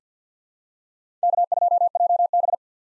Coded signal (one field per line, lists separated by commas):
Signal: Morse code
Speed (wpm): 50 wpm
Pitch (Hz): 700 Hz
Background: none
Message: K2JB